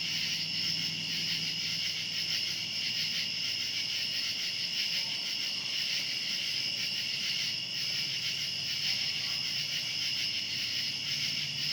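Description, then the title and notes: Cicada: steady shrill buzzing of cicadas, many insects blending into one sustained high drone with slight rhythmic wavering. Outdoors at night. "Ext. Cicadas, Night by Bandeto"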